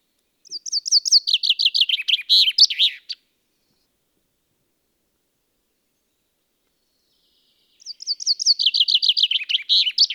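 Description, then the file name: Common chaffinch singing twice; each phrase is a fast run of chipping notes that drops in pitch, the second cut off at the end. "Fringilla coelebs"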